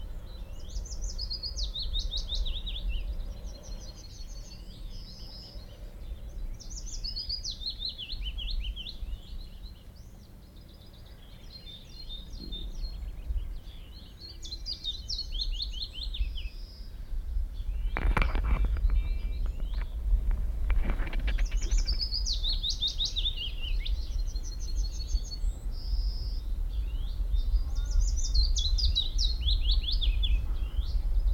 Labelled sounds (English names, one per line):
Willow Warbler